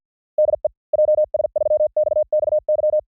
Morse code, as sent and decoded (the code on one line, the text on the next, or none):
-.. . / .--- ... ...-- -..- -..- -.--
DE JS3XXY